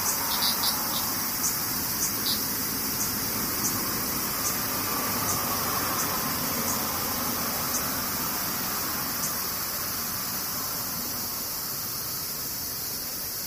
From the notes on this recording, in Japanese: セミ